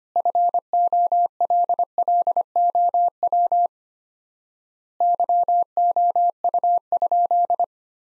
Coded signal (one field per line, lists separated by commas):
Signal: Morse code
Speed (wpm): 25 wpm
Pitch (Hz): 700 Hz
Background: none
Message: FOLLOW YOU?